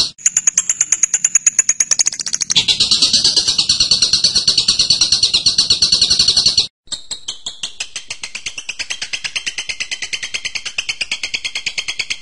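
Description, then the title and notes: Bird song opening with very high rapid notes, then a dense, loud chattering trill, a short break, and softer fast pulsed notes. Birdsong used to train birds. "MASTERAN BURUNG. suarane manok"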